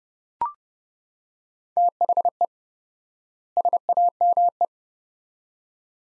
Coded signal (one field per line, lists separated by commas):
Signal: Morse code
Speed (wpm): 30 wpm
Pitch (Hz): 700 Hz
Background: none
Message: THE SAME